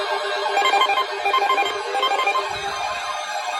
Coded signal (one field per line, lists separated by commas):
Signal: none